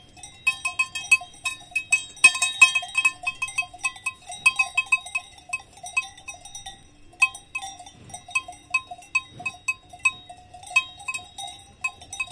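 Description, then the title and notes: Cow bells struck in crisp, separate clanks, a louder cluster early on, over near-quiet background. Cows feeding with clanking cow bells on a walk at Valle Pramper in the Dolomites. "The curious cows of Valle Pramper. On a walk in the Dolomites at Valle Pramper, we record cows feeding, with the clank of their cow bells. Recorded by Cities and Memory"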